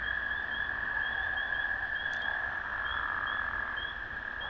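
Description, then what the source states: Amphibian chorus as a steady shrill trill with repeated pulsed notes and one brief sharp click partway through. Recorded at a valley pond, 05/03/2020.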